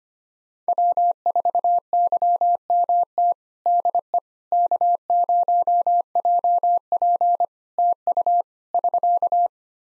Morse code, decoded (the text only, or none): W4YMT DE K0JP TU <SK>